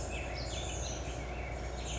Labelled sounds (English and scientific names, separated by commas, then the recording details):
Black-headed Grosbeak (Pheucticus melanocephalus)
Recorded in Sonoma County, California